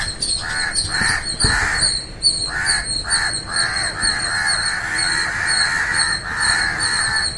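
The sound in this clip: Bird calls: a long run of harsh, grating caws, some overlapping, with steady high twittering behind them throughout.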